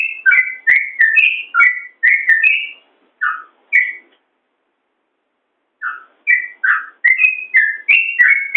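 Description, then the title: Yellow-vented bulbul singing bubbly, whistled notes in rapid chattering runs, breaking off for about two seconds of silence before another burst. "Suara Trucukan"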